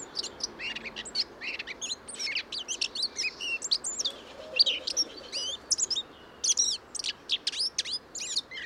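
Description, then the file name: Eurasian blackcap song, long run of hurried, high chattering notes mixed with thin whistled slurs, with a few short pauses between bursts. "Sylvia atricapilla"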